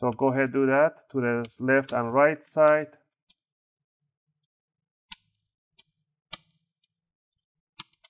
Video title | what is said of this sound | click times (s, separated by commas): How to repaste - service Hp Pavilion 14 dq 1xxx series laptop | and now you want to just twist it and you want to hear some clicks those clicks are what you want to hear so | 5.1 s, 6.3 s, 7.8 s